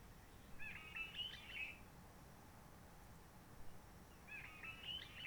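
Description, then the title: Réunion bulbul song: two short warbling phrases with bright whistled notes, separated by a few seconds of quiet background hiss. Roche Merveilleuse, Réunion; forest quiet since lockdown of 19 March 2020, no visitors, microlights or helicopters; sunny blue sky; birds not very active; song simpler, short phrases adapted to past aircraft noise. "Roche Merveilleuse, Réunion - Merle de lîle de la Réunion."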